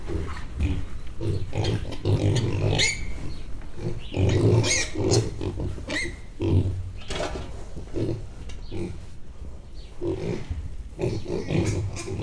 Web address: allathangok hortobagyinemzetipark 2013 premium mangalica 10 hetesek visitas femtal 2013 aprilis